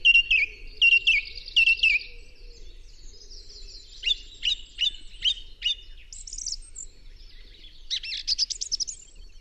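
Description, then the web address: Song thrush song: a shrill phrase repeated several times at the start, then varied sharp notes and a buzzy, high rattling phrase near the end. "chant Grive musicienne"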